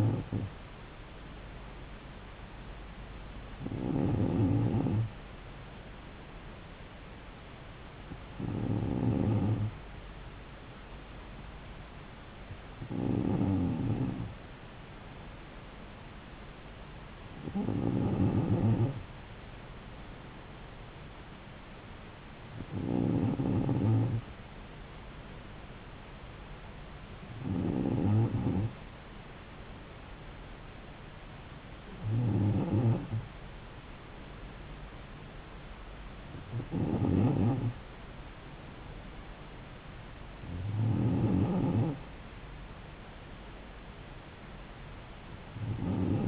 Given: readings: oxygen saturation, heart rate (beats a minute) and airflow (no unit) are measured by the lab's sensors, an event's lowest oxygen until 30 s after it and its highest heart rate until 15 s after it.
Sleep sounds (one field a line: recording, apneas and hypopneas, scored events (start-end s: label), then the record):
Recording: breathing in sleep by a voice recorder at the bedside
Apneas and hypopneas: none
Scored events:
none scored
From the record:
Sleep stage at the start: N2 (light sleep)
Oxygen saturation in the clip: 94%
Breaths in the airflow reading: 10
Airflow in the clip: -3.3 to 3.3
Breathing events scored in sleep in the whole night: 270 in 6.1 hours asleep